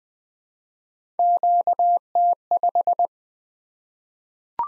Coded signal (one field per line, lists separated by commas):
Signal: Morse code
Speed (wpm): 20 wpm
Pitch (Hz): 700 Hz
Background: none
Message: QT5